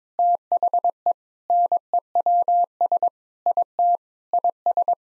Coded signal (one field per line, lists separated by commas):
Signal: Morse code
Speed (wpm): 21 wpm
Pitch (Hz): 700 Hz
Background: none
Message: THE NEWS IT IS